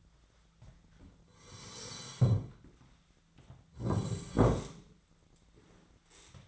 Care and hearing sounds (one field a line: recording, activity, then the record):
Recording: daily activity, microphone in the room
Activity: sit down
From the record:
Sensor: 3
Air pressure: 1008.0 hPa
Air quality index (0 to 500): 191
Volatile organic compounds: 14 ppm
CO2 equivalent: 2450 ppm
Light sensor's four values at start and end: 12/29/12/12 and 12/29/12/12